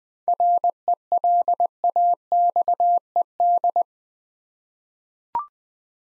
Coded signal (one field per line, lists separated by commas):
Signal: Morse code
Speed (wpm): 20 wpm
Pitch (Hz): 700 Hz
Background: none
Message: RELAXED